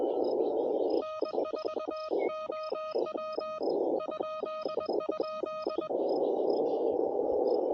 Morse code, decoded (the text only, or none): N4OW ??